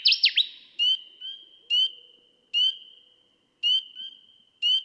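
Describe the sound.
Connecticut warbler song: a short burst of fast sweeping notes at the start, then a steady high hum broken by ringing notes about once a second.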